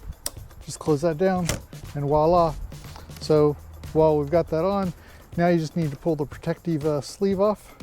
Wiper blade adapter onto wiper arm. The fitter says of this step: push it until it snaps, and then just